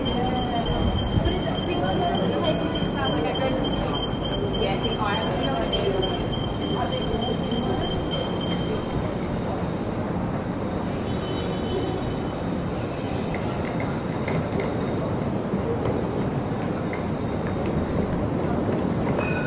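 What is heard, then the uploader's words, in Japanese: Street noise around Town Hall in central Sydney: a dense, steady roar with a low rumble like a passing train, and voices chattering throughout. A thin high whine runs through the first nine seconds, then fades, while the overall level stays constant. シドニー市内 Townhall の騒音。そのメインストリートのGeorge street にて行き交う人々を眺めながらゆっくり過ごします。忙しく行き来する人の声 TRAMの行き交う音 ランチをする女性の会話。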